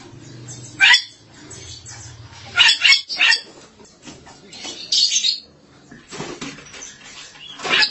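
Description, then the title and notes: Starling letting out harsh grating squawks and short screechy bursts at irregular intervals. "suara burung jalak"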